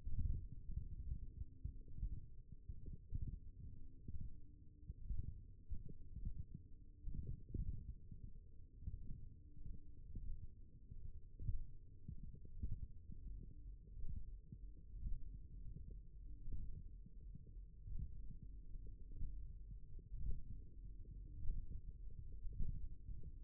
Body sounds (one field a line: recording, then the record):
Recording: forearm muscle sounds (acoustic myography)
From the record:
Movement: thumb flexion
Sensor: system 1, eight BSWA MPA416 microphones around the upper forearm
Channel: 2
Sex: male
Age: 23 years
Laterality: right